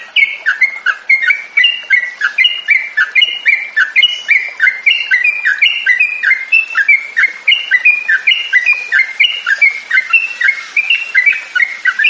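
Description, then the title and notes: Yellow-vented bulbul song, a continuous run of short, sharp chirps that each drop in pitch, delivered rapidly and unevenly for the whole stretch. Training recording for songbirds, featuring the tembakan and ropel song styles. "MASTERAN Trucukan Tembakan Dan Ropel 1. BURUNG TRUCUKAN"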